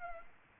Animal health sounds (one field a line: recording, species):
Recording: mosquito wingbeat signal from an infrared sensor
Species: Aedes aegypti